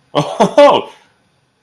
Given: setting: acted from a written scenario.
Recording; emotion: vocal sound without words; positive surprise